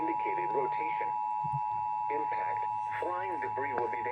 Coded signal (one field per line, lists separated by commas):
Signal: Emergency Alert System (SAME) tones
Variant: 853 and 960 Hz attention tone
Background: speech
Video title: Tornado Warnings (EAS #1906-1907)